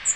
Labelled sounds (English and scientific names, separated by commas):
Magnolia Warbler (Setophaga magnolia) flight call